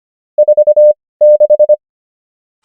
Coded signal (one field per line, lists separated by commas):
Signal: Morse code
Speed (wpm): 25 wpm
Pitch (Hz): 600 Hz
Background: none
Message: 46